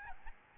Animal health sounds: mosquito wingbeat signal from an infrared sensor; Aedes albopictus

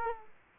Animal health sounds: mosquito wingbeat signal from an infrared sensor; Culex quinquefasciatus

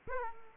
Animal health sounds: mosquito wingbeat signal from an infrared sensor; Aedes aegypti

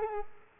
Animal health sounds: mosquito wingbeat signal from an infrared sensor; Culex quinquefasciatus

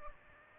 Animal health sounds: mosquito wingbeat signal from an infrared sensor; Aedes aegypti

